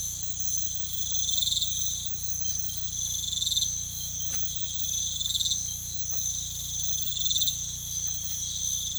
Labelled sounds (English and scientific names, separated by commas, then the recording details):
none
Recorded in pastures near Puerto Asís, Putumayo, Colombia, on 16 December 2024 at 05:00
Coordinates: 0.472, -76.331
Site GP02